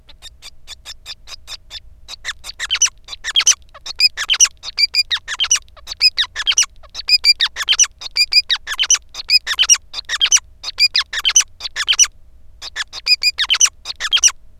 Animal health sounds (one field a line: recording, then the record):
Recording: song of a male Bengalese finch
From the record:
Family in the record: son of father 5